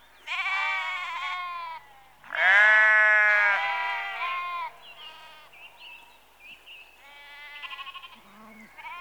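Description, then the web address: Sheep bleating, two strong wavering bleats early on, then a run of softer, shorter bleats. Sheep in a rural exterior atmosphere, early evening, recorded close. "Sound Effects Library (Exterior Atmospheres-Rural Backg) Sheep Early Evening- Close"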